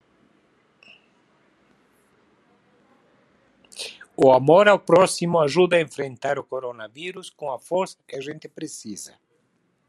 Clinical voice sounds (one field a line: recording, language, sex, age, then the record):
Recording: spoken sentence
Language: Brazilian Portuguese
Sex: male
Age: 70 to 79 years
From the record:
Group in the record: control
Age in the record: 71 years